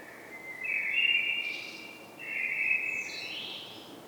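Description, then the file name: Common blackbird song: two phrases, each a low mellow fluted warble followed by a thin, high squeaky twitter, with a short pause between them. "Turdus merula"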